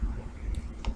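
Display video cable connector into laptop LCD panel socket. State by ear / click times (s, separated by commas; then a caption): seated / 0.9 s. The display video cable connector is pushed into the socket on the back of a replacement LCD panel for an HP Pavilion M6-1064CA laptop, with steady low rumble throughout. A faint tick comes at 0.55 s, then a sharp, short click at 0.9 s as the connector seats.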